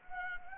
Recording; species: mosquito wingbeat signal from an infrared sensor; Anopheles gambiae